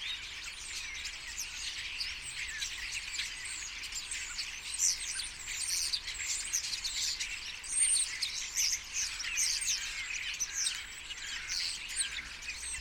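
Common starlings in a flock producing continuous high chatter, a dense mix of clicks, squeaks and short whistles throughout.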